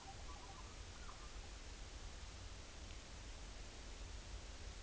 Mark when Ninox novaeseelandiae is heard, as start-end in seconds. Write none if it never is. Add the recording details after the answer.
none. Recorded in New Zealand on 11 September 2013. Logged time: 02:19. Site Ponui